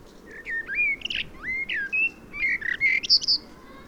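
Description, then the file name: Common blackbird song: a run of fluty, slurred whistled notes, mostly rising and falling, ending in a few higher squeaky twittered notes, with a soft background hiss. "Turdus merula"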